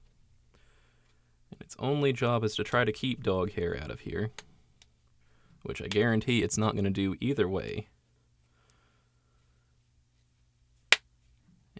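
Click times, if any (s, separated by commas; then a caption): 10.9 s. Someone talks while handling the earcup of a Sennheiser HD600 headphone, and then the plastic ear cushion holder is pressed onto the earcup. It snaps into place with one loud, sharp click at 10.9 s, and the cushion mount is seated.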